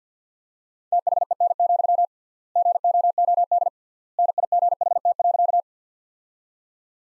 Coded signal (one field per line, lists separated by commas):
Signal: Morse code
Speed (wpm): 50 wpm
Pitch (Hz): 700 Hz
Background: none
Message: THEN, GOOD NIGHT.